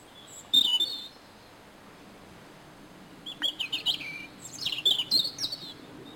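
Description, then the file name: European robin with a brief high squeaky burst, a pause of two seconds, then several rapid thin, tinkling notes in quick succession. "Erithacus rubecula"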